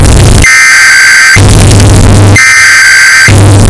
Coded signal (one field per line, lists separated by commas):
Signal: Emergency Alert System (SAME) tones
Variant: header bursts